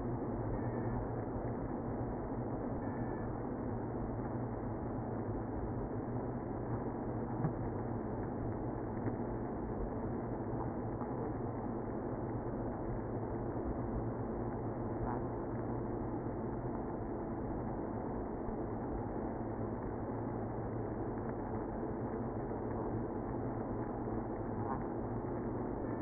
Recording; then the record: honeybee colony, microphone inside the hive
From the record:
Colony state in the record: queenless (queen removed); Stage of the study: after two queens were removed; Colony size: about 60,000 bees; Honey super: yes